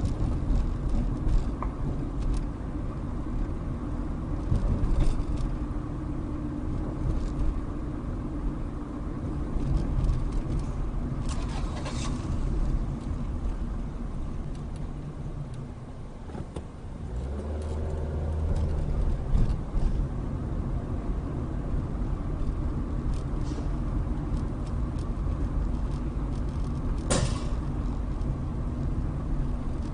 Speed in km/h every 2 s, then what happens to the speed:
31, 31, 31, 31, 31, 29, 23, 10, 15, 29, 31, 31, 29, 29, 27.
0-10 steady at about 31. 10-14 brakes to 10. 15-20 speeds up to 31. 20-30 steady at about 29.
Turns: none.